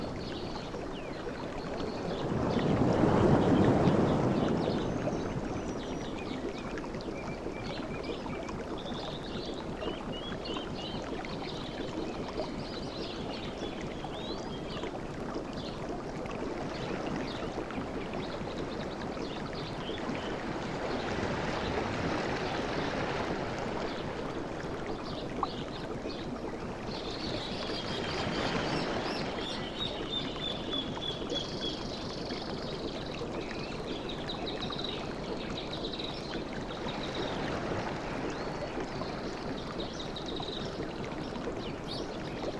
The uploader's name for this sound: Forest Nature Sounds